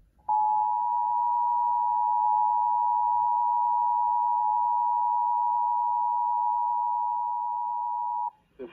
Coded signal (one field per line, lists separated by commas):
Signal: Emergency Alert System (SAME) tones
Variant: 853 and 960 Hz attention tone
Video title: EAS Severe Thunderstorm Watch for NJ PA and DE counties on my Station WPPZ/IP (EAS #329)